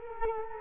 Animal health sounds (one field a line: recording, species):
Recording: mosquito wingbeat signal from an infrared sensor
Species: Culex quinquefasciatus